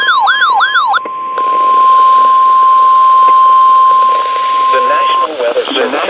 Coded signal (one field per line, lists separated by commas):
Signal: Emergency Alert System (SAME) tones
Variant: 1050 Hz attention tone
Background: speech